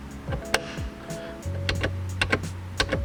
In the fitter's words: and you're just going to force it until you hear two clicks